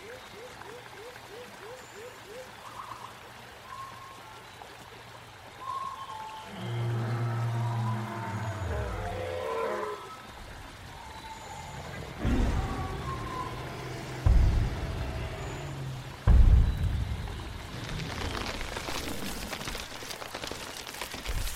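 Dinosaur sounds: a low, rumbling roar swells in around seven seconds and holds for a few seconds, with a quick series of soft chirps heard near the start. Sharp thuds hit at about twelve, fourteen and sixteen seconds, then a hissing, breathy rush closes the clip.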